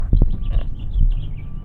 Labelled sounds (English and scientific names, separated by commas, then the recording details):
House Finch (Haemorhous mexicanus) song
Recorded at Woodmere on Long Island, New York, on 11 June 1975
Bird B